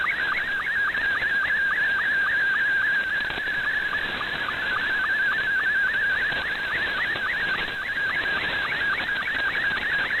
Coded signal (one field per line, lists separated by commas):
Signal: SSTV (slow-scan television)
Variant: Scottie 2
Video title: Recap of Pirate Radio Activity Saturday 10 September 2022